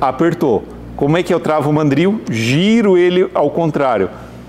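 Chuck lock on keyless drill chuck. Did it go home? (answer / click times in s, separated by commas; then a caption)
no / none. A man talks while handling the chuck lock on a keyless drill chuck on a Bosch drill, after fully tightening it and before turning the chuck sleeve slightly backwards to lock it. Only speech is heard. Nothing has seated or clicked yet.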